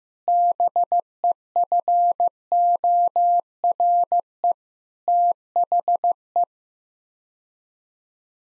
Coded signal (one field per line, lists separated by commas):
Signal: Morse code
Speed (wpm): 14 wpm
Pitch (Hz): 700 Hz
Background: none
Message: BEFORE THE